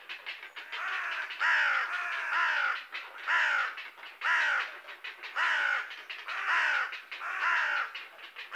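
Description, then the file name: Carrion Crow giving hoarse, downward-slurred caws about once a second, with weaker caws behind. "Corvus corone"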